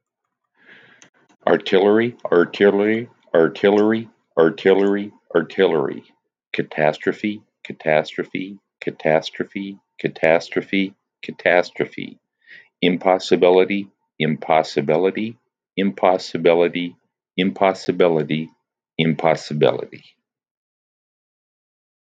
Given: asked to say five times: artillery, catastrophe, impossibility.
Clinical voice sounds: three words, each repeated; male; 60 to 69 years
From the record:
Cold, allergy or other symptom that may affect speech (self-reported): no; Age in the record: 65 years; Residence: Washington, United States

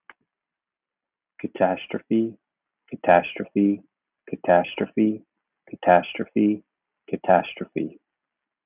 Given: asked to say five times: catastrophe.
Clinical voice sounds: repeated word; male; 50 to 59 years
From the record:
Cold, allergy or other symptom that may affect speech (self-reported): no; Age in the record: 51 years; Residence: Florida, United States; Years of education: 16

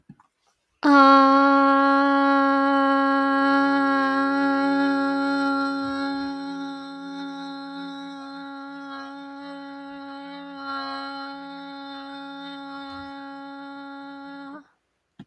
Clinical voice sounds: vowel held as long as possible; female; 18 to 19 years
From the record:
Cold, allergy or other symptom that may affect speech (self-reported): no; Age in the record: 19 years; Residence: California, United States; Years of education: 13

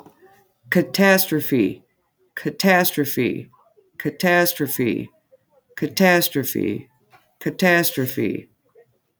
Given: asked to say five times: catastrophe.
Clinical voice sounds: repeated word; female; 30 to 39 years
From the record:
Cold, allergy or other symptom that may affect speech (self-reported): no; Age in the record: 38 years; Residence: Wisconsin, United States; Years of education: 12

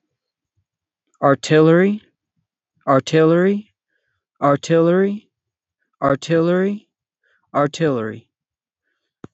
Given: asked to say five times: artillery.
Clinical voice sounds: repeated word; male; 30 to 39 years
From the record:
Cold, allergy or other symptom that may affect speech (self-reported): no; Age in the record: 34 years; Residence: New Jersey, United States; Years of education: 12

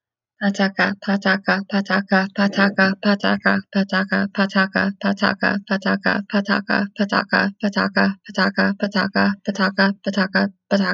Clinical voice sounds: repeated syllables /pa ta ka/; female; 20 to 29 years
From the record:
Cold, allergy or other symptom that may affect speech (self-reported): no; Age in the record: 25 years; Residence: Pennsylvania, United States

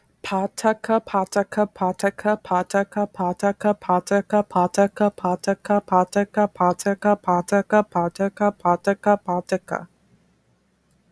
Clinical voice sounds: repeated syllables /pa ta ka/; female; 20 to 29 years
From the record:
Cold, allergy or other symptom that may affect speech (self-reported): no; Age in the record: 24 years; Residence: New York, United States

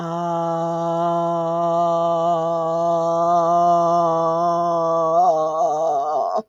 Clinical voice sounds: vowel held as long as possible; female; 60 to 69 years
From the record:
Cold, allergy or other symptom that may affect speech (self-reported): no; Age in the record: 64 years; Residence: Ohio, United States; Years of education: 15

